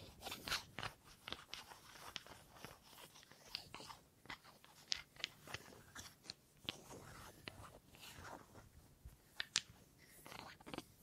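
Wood triggers: a steady run of dry tapping, scratching and clicking on wood, with short bright knocks every fraction of a second. A few sharper, louder taps stand out, near 0.5, 5 and 9.5 seconds. Faint rustling fills the gaps underneath.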